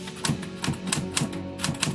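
A typewriter clatters away in a steady, fairly quick rhythm, each sharp key strike landing a fraction of a second apart, with no voices over it.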